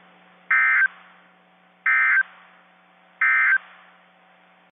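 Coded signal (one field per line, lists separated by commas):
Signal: Emergency Alert System (SAME) tones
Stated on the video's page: Tornado warning on NOAA weather radio station KIH24.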